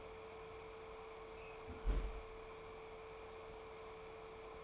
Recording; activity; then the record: daily activity, microphone in the room; close fridge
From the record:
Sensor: 1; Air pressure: 1015.0 hPa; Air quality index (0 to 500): 194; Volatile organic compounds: 22 ppm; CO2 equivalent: 2750 ppm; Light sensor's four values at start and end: 30/76/32/39 and 28/70/30/35